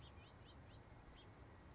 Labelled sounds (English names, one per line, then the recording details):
House Finch
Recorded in Sonoma County, California